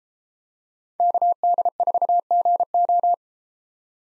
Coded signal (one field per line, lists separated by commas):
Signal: Morse code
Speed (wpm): 32 wpm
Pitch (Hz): 700 Hz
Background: none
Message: KD4GO